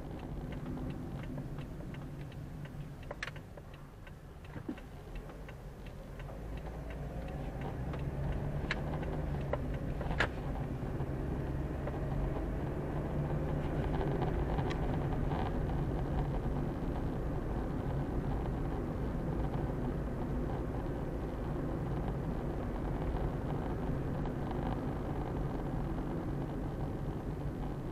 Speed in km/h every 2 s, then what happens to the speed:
23, 12, 7, 12, 19, 25, 31, 36, 38, 40, 41, 41, 39, 33.
0-3 brakes to 7. 4-15 speeds up to 38. 15-22 steady at about 40. 22-28 slows to 33.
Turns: 3-9.